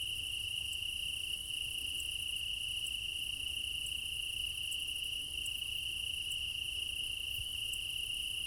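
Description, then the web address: Crickets in a steady high trilling chorus, with soft regular ticks in the upper layer and a quiet low rumble. Meadow at night in Crimea in summer; many crickets; quad ambience recorded with ORTF microphone pair offset by 3 m, front pair. "Alexander Kopeikin - Quad ambience of Crimea in summer 20 meadow night ambience, crickets, ortf offset by 3 m, front"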